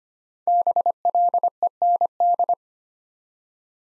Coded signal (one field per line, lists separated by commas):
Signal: Morse code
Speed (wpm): 25 wpm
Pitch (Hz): 700 Hz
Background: none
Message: BLEND